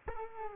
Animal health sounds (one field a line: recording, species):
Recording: mosquito wingbeat signal from an infrared sensor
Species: Culex quinquefasciatus